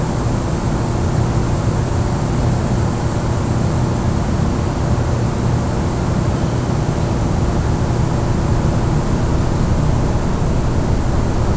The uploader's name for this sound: Empty Press Room Ambience